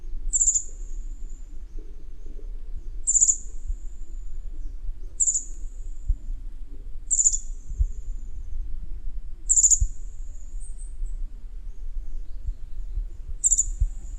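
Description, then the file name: Togian white-eye giving a series of six high, thin, down-slurred notes at irregular intervals of about two to four seconds, with faint low background rumble. Togian Islands. "kacamata togian"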